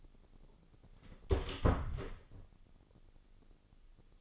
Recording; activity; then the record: daily activity, microphone in the room; close door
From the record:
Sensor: 4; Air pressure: 996.9 hPa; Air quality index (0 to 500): 49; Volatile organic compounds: 1 ppm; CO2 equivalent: 810 ppm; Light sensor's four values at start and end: 19/44/18/18 and 19/45/18/19